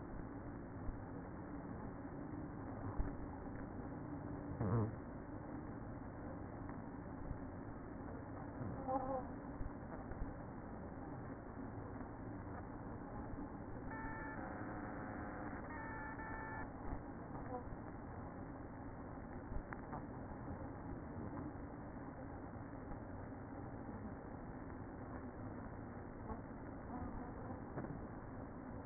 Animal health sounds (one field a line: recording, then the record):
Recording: honeybee colony, microphone inside the hive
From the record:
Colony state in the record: queen present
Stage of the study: after two queens were removed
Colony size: about 60,000 bees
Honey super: yes